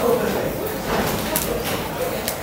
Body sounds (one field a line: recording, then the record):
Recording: background sound without coughing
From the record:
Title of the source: 40 min - Ambience sounds UNIVERSITY lunchroom chatting